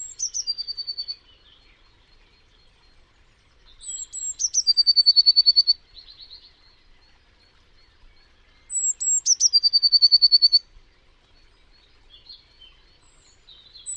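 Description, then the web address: Bird repeating its song about every four to five seconds, a piercing high whistle leading into a quick even trill, with faint twittering in the gaps. "Deverinetal 2025 Bird Only Cy Ca"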